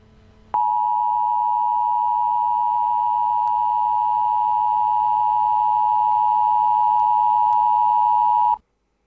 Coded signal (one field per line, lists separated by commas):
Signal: Emergency Alert System (SAME) tones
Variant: 853 and 960 Hz attention tone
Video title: Reacting To The Alternate Universe:An EAS Scenario